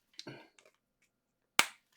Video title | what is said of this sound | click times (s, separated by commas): Build The X-Wing Issue 84 | there we go that's into place | 1.6 s